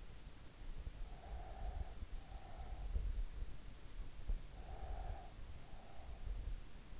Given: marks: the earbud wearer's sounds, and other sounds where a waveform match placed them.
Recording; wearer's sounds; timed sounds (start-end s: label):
sounds in sleep by an in-ear microphone; breath
1.46-3.47 s: breath
4.49-6.50 s: breath